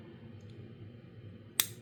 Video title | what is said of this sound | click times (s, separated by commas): Samsung Galaxy Watch Ultra - Unboxing and First Impressions - Dark Gray Marine and Trail Bands | gray and that popped in way easier than the other one maybe because the other one was a little bit flexible this one's a little bit more rigid | 1.6 s